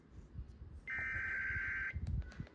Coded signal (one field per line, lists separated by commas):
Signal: Emergency Alert System (SAME) tones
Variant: header bursts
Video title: Ranking EAS alarms PT 11￼